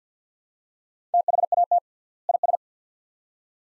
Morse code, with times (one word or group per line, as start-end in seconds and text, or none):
1.1-1.8 THAT
2.3-2.6 IS